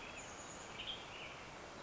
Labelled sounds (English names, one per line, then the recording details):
Western Tanager
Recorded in Sonoma County, California